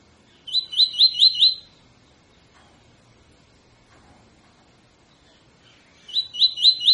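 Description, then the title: Double-collared seedeater giving two brief bursts of four or five quick rising notes, separated by several seconds of quiet. Tui tui fibra song style, used as a tutor song for training birds. "COLEIRO TUI TUI FIBRA CANTO PROFESSOR"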